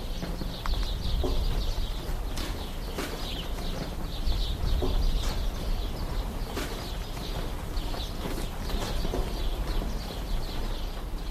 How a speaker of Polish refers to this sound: Jednak teraz jedynym dźwiękiem świadczącym o życiu w Karakosz są śpiewy ptaków i szum wiatru, choćby tu, wśród płacht spalonego dachu nad boiskiem piłkarskim.